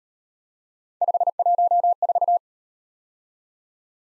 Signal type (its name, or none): Morse code